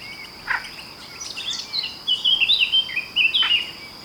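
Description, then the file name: Eurasian blackcap song, a run of varied warbled and whistled notes growing louder in the second half, over a steady high insect-like hiss. "Sylvia atricapilla"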